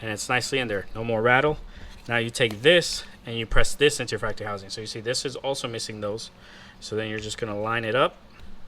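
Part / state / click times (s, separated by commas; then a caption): plastic tweeter mounting cup into factory dash tweeter housing / not seated / none. A man talks while a 3D-printed ABS tweeter mounting cup for a 2007–2013 Acura MDX is lined up to be pressed into the factory dash tweeter housing. Only speech and faint handling are heard, with no distinct impacts. Nothing has seated or clicked yet.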